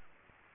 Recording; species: mosquito wingbeat signal from an infrared sensor; Aedes aegypti